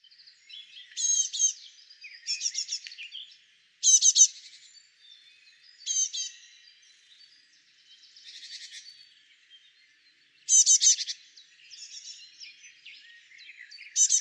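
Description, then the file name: Great tit: short clusters of sharp, ringing notes repeated at intervals, with softer chatter between them. "Parus major"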